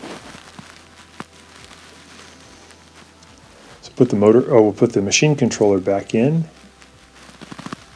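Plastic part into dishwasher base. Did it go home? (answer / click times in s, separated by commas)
yes / 7.7 s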